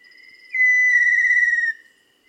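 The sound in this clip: Tinamou whistled call: one clear, steady whistle held for over a second, sliding very slightly lower near the end, with a faint lead-in tone before it.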